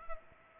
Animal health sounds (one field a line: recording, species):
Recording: mosquito wingbeat signal from an infrared sensor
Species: Culex pipiens